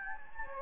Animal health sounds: mosquito wingbeat signal from an infrared sensor; Anopheles gambiae

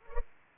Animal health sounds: mosquito wingbeat signal from an infrared sensor; Culex pipiens

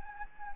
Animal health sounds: mosquito wingbeat signal from an infrared sensor; Anopheles gambiae

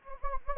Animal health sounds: mosquito wingbeat signal from an infrared sensor; Anopheles gambiae

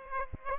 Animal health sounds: mosquito wingbeat signal from an infrared sensor; Aedes aegypti

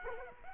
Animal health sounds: mosquito wingbeat signal from an infrared sensor; Culex quinquefasciatus

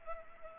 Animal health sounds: mosquito wingbeat signal from an infrared sensor; Culex pipiens

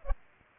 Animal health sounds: mosquito wingbeat signal from an infrared sensor; Aedes aegypti

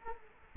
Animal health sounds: mosquito wingbeat signal from an infrared sensor; Culex quinquefasciatus

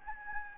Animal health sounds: mosquito wingbeat signal from an infrared sensor; Anopheles gambiae

